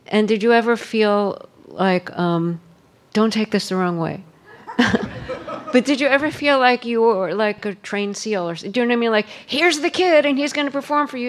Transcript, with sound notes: And did you ever feel like - don't take this the wrong way (laughter), but did you ever feel like you were, like, a trained seal or - do you know what I mean? Like, here's the kid and he's going to perform for you.